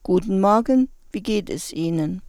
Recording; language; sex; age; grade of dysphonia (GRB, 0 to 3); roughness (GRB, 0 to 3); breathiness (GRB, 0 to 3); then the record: spoken sentence; German; female; 50 to 59 years; 2; 1; 2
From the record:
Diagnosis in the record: hyperfunctional dysphonia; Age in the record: 50 years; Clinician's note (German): Ponogen